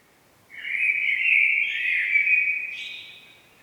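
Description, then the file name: Common blackbird giving one long, loud, scratchy rattling call that rises slightly in pitch near its end. "Turdus merula"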